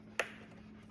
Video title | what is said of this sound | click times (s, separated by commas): 12 Days of Christmas (or 24) Cookie Advent Calendars! - Complete Tutorial | So, it should snap right in for you. Um, here a snap. Okay. | 0.2 s